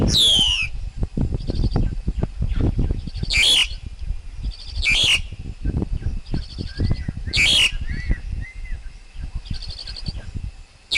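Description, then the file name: Black-collared Starling song: a falling whistle opens, then several harsh loud bursts, mixed with chattering rattles and short whistled notes over low rumbling noise. Wild forest bird's song, used for teaching young birds to sing. "Tieng chim ca cuong rung tap chim con hot"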